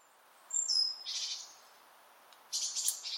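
Great tit calling, a thin high whistle sliding slightly downward followed by two harsh buzzy bursts separated by about a second of quiet.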